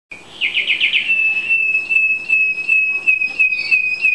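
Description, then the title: Canary song opening with a quick warbled trill that flows into a long, even whistled note with slight wavers. "Kenari American Singer"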